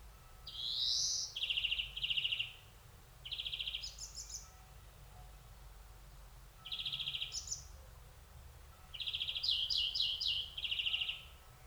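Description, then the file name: European greenfinch giving rolling trilled bursts around mid-high pitch, opening with a rising buzzy note, in four bouts separated by pauses, with faint steady background hiss. "Chloris chloris"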